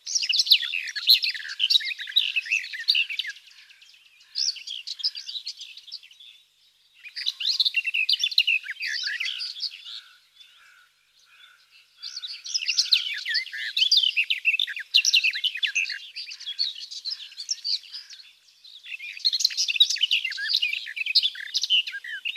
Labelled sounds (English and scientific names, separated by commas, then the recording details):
Garden Warbler (Sylvia borin) song
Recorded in the wild
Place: Waltershofen / Freiburg im Breisgau, Baden-Württemberg, DE
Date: 2001-06-04
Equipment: MiniDisc Sharp MT 20 H
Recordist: Schwarz, Dieter